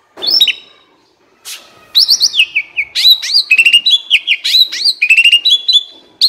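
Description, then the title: Asian pied starling song: a loud opening note, brief pause, then a busy string of rising and falling whistles mixed with clicks and rattles. Training recording (masteran) used to teach caged birds that sing too little and are sluggish to sing more. "Masteran Jalak Suren AMPUH Dan EFEKTIF Atasi Burung KURANG GACOR Dan LOYO"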